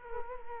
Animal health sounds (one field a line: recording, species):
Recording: mosquito wingbeat signal from an infrared sensor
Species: Culex quinquefasciatus